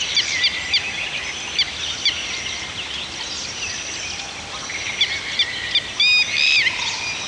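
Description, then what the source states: Birds singing: quick repeated high chirps, then a louder burst of looping whistled notes near the end over a soft chorus. Several birds singing in a forest.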